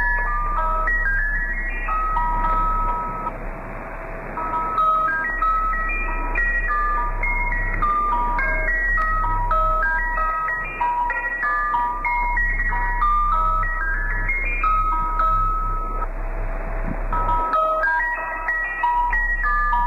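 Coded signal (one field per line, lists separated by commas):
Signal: numbers station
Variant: Swedish Rhapsody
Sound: tinkling music-box melody of short stepped notes repeating, with no voice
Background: low mains hum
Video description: The numbers station featured in this is called The Swedish Rhapsody.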